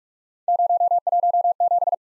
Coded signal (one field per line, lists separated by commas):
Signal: Morse code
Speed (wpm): 41 wpm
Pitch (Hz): 700 Hz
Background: none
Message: 017